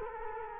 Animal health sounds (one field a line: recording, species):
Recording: mosquito wingbeat signal from an infrared sensor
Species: Culex quinquefasciatus